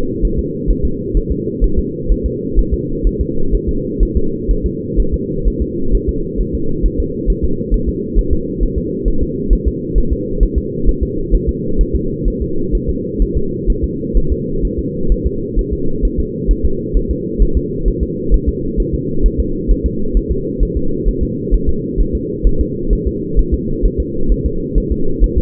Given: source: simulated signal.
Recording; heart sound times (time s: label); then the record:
fetal heart sounds
0.25 s: S1
0.39 s: S2
0.70 s: S1
0.85 s: S2
1.17 s: S1
1.31 s: S2
1.64 s: S1
1.79 s: S2
2.12 s: S1
2.26 s: S2
2.59 s: S1
2.74 s: S2
3.07 s: S1
3.21 s: S2
3.55 s: S1
3.69 s: S2
4.03 s: S1
4.17 s: S2
4.51 s: S1
4.66 s: S2
5.00 s: S1
5.14 s: S2
5.48 s: S1
5.62 s: S2
5.95 s: S1
6.09 s: S2
6.41 s: S1
6.55 s: S2
6.86 s: S1
7.00 s: S2
7.30 s: S1
7.44 s: S2
7.74 s: S1
7.89 s: S2
8.19 s: S1
8.33 s: S2
8.63 s: S1
8.78 s: S2
9.08 s: S1
9.23 s: S2
9.53 s: S1
9.67 s: S2
9.98 s: S1
10.12 s: S2
10.43 s: S1
10.58 s: S2
10.89 s: S1
11.03 s: S2
11.34 s: S1
11.49 s: S2
11.81 s: S1
11.95 s: S2
12.28 s: S1
12.42 s: S2
12.75 s: S1
12.89 s: S2
13.22 s: S1
13.37 s: S2
13.70 s: S1
13.84 s: S2
14.17 s: S1
14.32 s: S2
14.65 s: S1
14.79 s: S2
15.12 s: S1
15.27 s: S2
15.59 s: S1
15.73 s: S2
16.05 s: S1
16.19 s: S2
16.51 s: S1
16.65 s: S2
16.97 s: S1
17.11 s: S2
17.42 s: S1
17.57 s: S2
17.88 s: S1
18.03 s: S2
18.34 s: S1
18.49 s: S2
18.80 s: S1
18.94 s: S2
19.26 s: S1
19.40 s: S2
19.71 s: S1
19.86 s: S2
20.17 s: S1
20.31 s: S2
20.63 s: S1
20.77 s: S2
21.08 s: S1
21.23 s: S2
21.54 s: S1
21.69 s: S2
22.00 s: S1
22.15 s: S2
22.47 s: S1
22.61 s: S2
22.93 s: S1
23.07 s: S2
23.39 s: S1
23.54 s: S2
23.85 s: S1
24.00 s: S2
24.32 s: S1
24.46 s: S2
24.78 s: S1
24.92 s: S2
25.24 s: S1
25.38 s: S2
From the record:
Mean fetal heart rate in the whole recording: 130 bpm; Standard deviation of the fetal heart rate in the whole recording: 2 bpm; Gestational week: 36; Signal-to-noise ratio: -8.1 dB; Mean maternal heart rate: 72 bpm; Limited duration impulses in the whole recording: absent